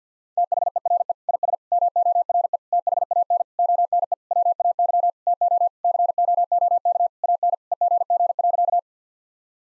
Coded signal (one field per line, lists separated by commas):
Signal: Morse code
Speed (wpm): 50 wpm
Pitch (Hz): 700 Hz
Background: none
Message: THERE IS MORE THAN ONE WAY TO COOK AN EGG.